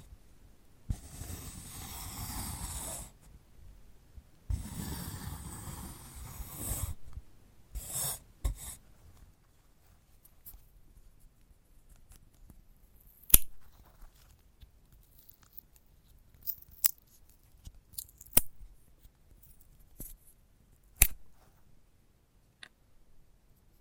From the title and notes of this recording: ASMR of a Sunflower Head (No Talking).